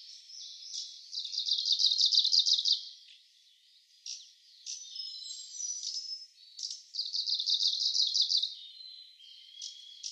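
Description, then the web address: Kamchatka leaf warbler song: two fast, rhythmic trills of buzzy repeated high notes, each lasting about two seconds, separated by thin high whistles and short chips. "komebosomusikui"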